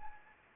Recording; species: mosquito wingbeat signal from an infrared sensor; Anopheles arabiensis